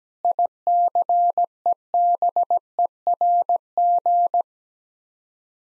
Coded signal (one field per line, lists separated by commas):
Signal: Morse code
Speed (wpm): 17 wpm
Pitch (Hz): 700 Hz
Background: none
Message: ICEBERG